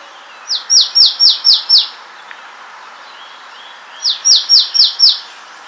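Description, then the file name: Marsh tit calling: a quick run of six sharp, high, downward-slurred notes, then a pause of about two seconds and a second matching run. "Poecile palustris"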